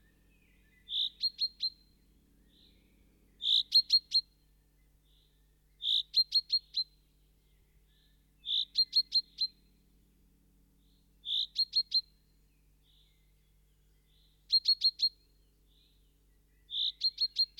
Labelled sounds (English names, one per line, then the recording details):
Common Chaffinch call
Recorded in the wild
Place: Kaiserslautern, Rheinland-Pfalz, DE
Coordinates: 49.26, 7.45
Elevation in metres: 206
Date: 1977-06-20
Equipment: Nagra IV, Sennheiser MKH 405, Parabolreflektor
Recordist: Tretzel, Erwin
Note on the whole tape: Alte Buche. Buchfink "rü-pink"-Serie